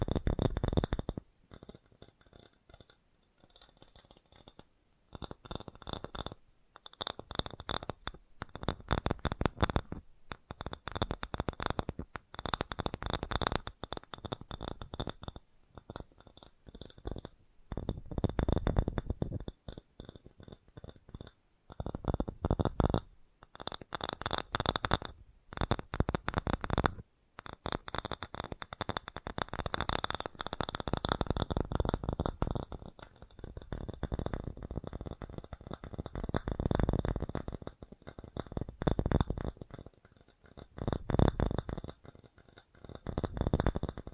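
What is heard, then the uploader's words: Fast tapping runs in dense bursts of quick, crisp hits, separated by short pauses every few seconds. The taps blur into a rattling, card-shuffle-like patter with bright clicky tops and some low thump. A faint steady high whine sits underneath throughout. FAST TAPPING (No Talking).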